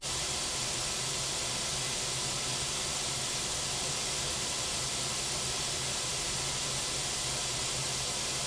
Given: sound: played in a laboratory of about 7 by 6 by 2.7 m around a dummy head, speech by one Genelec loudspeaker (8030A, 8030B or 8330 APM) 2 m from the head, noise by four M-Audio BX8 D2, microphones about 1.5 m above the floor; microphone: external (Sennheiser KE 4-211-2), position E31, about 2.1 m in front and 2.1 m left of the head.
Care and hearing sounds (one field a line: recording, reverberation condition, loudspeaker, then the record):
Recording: white noise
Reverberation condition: low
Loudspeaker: four, about 170 cm from the corners of the room and facing them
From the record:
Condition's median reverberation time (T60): about 310 ms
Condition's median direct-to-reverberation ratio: about 3.5 dB